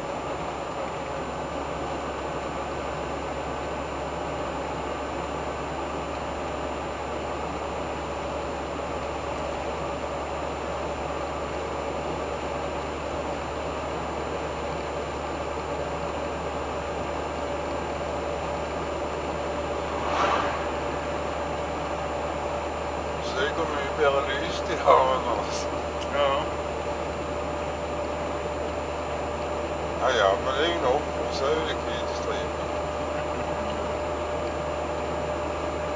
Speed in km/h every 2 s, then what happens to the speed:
63, 63, 63, 64, 64, 65, 65, 65, 66, 66, 66, 67, 67, 67, 67, 68, 68, 68.
0-36 steady at about 66.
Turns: none.